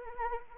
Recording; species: mosquito wingbeat signal from an infrared sensor; Anopheles arabiensis